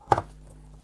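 An old hard disk drive is pushed down into the source slot of a drive cloning docking station. A sharp hit at 0.1 s is followed by a softer knock at 0.2 s, then a low steady hum. The drive locks firmly into place and is seated.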